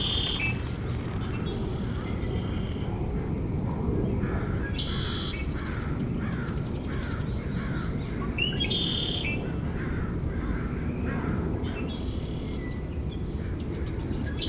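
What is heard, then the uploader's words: Birds call at Magnuson Park, Seattle, over a steady low rumble that fills the whole clip. Short bright chirps and trills come every second or so, with a louder, higher burst near nine seconds, and quacking-like calls mixed in. Recorded at Magnuson Park, Seattle.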